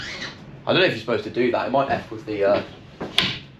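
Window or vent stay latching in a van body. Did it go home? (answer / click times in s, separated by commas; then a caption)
yes / 3.2 s. Someone talks while a window or vent stay in a van body is moved. A sharp, short click is heard at 3.2 s as the stay latches and locks in place.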